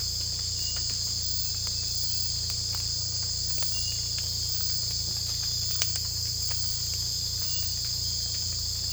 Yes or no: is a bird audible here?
no